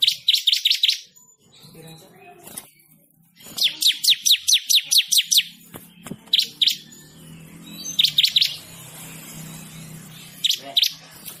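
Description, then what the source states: Bird chirping in quick, evenly spaced trills of bright high notes, separated by brief quiet stretches with a soft low hum behind. Bird with a melodious voice.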